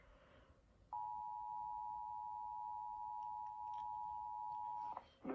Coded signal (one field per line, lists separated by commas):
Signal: Emergency Alert System (SAME) tones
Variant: 853 and 960 Hz attention tone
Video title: Tornado Warning EAS#350